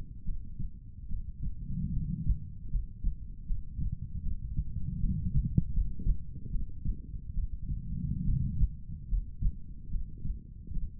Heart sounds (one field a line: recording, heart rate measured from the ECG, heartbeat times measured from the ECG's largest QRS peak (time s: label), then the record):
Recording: heart sounds by stethoscope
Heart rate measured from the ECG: 74 bpm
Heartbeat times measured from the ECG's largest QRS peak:
0.23 s: heartbeat
1.07 s: heartbeat
1.91 s: heartbeat
2.69 s: heartbeat
3.45 s: heartbeat
4.21 s: heartbeat
4.99 s: heartbeat
5.72 s: heartbeat
6.50 s: heartbeat
7.33 s: heartbeat
8.24 s: heartbeat
9.07 s: heartbeat
9.89 s: heartbeat
10.71 s: heartbeat
From the record:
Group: healthy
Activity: rest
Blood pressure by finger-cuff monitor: 112/66 mmHg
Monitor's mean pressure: 80 mmHg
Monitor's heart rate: 72 bpm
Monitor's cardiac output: 6.6 L/min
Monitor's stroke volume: 93 mL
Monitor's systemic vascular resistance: 900 dyn s/cm5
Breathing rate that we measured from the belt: 19 breaths a minute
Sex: female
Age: 23 years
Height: 160 cm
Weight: 50.4 kg